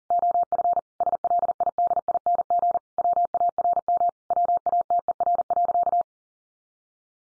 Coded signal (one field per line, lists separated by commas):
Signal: Morse code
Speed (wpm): 40 wpm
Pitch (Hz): 700 Hz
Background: none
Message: OF SLIDING WARM WATER.